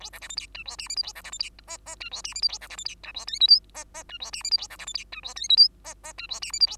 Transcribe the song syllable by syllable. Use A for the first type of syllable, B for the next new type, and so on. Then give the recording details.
A B C D E F G H I J A B C D E K K F G H I J A B C D E F G L M N K K F G H I J A B C D E F G L M N K K F G H I J A. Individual Bird2